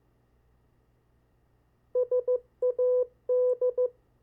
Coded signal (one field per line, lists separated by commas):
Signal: Morse code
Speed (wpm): 15 wpm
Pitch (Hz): 500 Hz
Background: none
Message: SAD